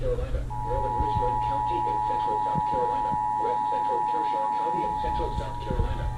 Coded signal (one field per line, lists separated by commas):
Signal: Emergency Alert System (SAME) tones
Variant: 853 and 960 Hz attention tone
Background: speech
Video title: Corrupted Files... Yayyyy... | EAS #350-355 (Severe Weather Alerts from 1/27-28/2024)